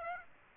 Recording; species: mosquito wingbeat signal from an infrared sensor; Aedes aegypti